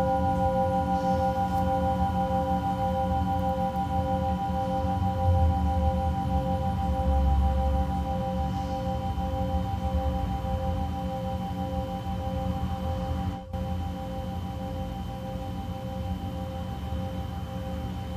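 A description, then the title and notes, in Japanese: A singing bowl hums with a steady, sustained ringing tone, its layered pitches holding without breaks and a slow pulsing wobble in one of them. A low rumbling murmur sits underneath throughout, and a brief dropout cuts in around thirteen seconds. 真夜中のシンギングボウルのサウンドヒーリング。チベタンシンギングボウル。メキシコ。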